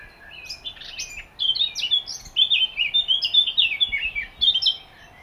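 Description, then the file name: Eurasian blackcap delivering a hurried, tumbling song of sweet warbled and whistled notes that runs for a few seconds. "Sylvia atricapilla"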